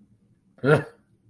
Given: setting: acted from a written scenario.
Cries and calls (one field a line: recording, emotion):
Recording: vocal sound without words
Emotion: contempt